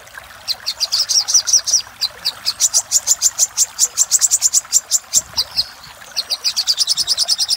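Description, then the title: Little spiderhunter song: long runs of fast, high, sharp notes, a trilled stretch early on, then steady rattling chirps with a brief gap. Master recording for training cage birds, titled Sogok Ontong Labaik. "Masteran Burung Sogok Ontong Labaik"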